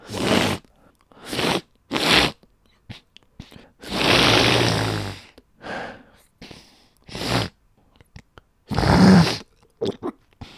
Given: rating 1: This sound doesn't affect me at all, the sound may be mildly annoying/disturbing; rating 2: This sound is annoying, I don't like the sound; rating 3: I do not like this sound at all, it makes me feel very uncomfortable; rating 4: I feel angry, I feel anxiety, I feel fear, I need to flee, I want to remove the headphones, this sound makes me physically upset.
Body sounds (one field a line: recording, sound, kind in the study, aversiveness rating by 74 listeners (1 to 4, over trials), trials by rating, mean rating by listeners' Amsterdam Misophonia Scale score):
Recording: sound for misophonia research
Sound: runny nose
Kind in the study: misophonia trigger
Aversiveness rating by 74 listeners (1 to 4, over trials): mean 2.90, standard deviation 0.89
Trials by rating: 18 rated 1, 78 rated 2, 113 rated 3, 85 rated 4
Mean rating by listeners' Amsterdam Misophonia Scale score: 2.36 (sub-clinical, 0 to 4), 2.95 (mild, 5 to 9), 3.27 (moderate, 10 to 14), 3.46 (severe or extreme, 15 or more)